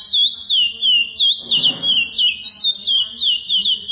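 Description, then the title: Chestnut-bellied seed finch pouring out looping whistled notes at a quick steady rhythm, with a brief low rustling sound midway. "Canto De Curio"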